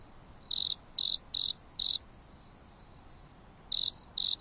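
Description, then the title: Insect chirps, clear pulses near one pitch, two groups of bright chirps, four then two, each about a fifth of a second, with faint softer chirps between over a low steady hiss. Insects singing leisurely at night under a starry sky on a mountain top, with a gentle breeze blowing. "There is a gentle breeze blowing on the top of the mountain under the starry sky, and the insects are singing leisurely."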